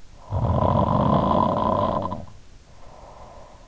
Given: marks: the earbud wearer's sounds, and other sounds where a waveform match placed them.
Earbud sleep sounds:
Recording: sounds in sleep by an in-ear microphone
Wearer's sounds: snoring breath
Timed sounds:
0.14-3.68 s: snoring breath

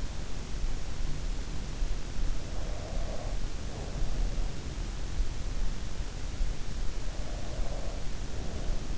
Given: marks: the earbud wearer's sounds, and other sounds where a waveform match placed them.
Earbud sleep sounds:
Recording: sounds in sleep by an in-ear microphone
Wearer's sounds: breath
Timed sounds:
2.31-4.91 s: breath
6.98-8.98 s: breath

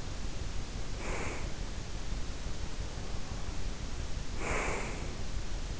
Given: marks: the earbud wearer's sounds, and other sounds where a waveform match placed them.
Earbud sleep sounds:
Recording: sounds in sleep by an in-ear microphone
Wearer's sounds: breath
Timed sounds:
0.79-1.61 s: breath
4.04-5.15 s: breath

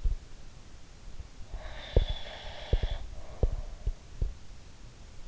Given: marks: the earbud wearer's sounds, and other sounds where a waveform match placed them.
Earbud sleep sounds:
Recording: sounds in sleep by an in-ear microphone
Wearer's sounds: breath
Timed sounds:
0.00-0.21 s: sound from someone else or the room
1.45-3.88 s: breath
1.91-4.28 s: sound from someone else or the room

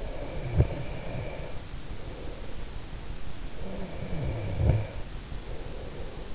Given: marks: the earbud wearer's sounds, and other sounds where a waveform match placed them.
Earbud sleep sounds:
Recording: sounds in sleep by an in-ear microphone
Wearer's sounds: snoring breath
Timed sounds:
0.25-2.58 s: snoring breath
3.85-6.35 s: snoring breath

